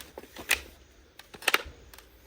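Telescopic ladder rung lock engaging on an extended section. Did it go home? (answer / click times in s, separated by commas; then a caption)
yes / 0.5 s, 1.5 s. A section of a Corvids aluminium telescopic ladder is pulled out to its end stop until the spring rung locks engage. Sharp clicks ring out at 0.5 s and 1.5 s, with a second snap following closely at about 1.5 s, among quieter handling knocks. Both locks have engaged, so the extended section is locked and will not slide down.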